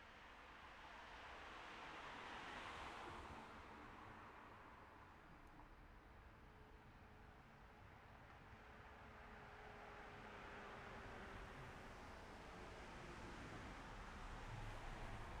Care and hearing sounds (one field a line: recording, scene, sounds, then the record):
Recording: everyday scene through a hearing-aid microphone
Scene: in traffic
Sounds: traffic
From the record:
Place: city secondary road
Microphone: behind the ear, left, rear